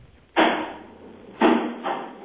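A ground-floor door is opened as a giant security bolt slides back, heard over a phone call: three loud, abrupt metallic clunks with rough scraping tails, the last one shorter, with no voices.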